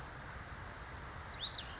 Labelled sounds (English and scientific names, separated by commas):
Cassin's Vireo (Vireo cassinii)